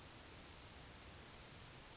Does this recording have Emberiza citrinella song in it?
no